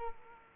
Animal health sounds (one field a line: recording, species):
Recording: mosquito wingbeat signal from an infrared sensor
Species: Culex quinquefasciatus